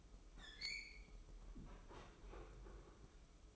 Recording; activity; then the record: daily activity, microphone in the room; open fridge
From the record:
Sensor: 1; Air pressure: 995.3 hPa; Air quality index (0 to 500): 25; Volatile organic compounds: 0 ppm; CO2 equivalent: 500 ppm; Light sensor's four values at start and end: 18/61/22/24 and 18/61/22/24